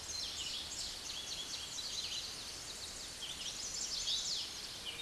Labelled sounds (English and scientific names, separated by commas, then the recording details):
Chestnut-sided Warbler (Setophaga pensylvanica) song
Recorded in a Pennsylvania forest on 16 May 2024 at 06:18
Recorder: AudioMoth, point MSD-2181
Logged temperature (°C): 12.8 °C
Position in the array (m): 170 m, 103 m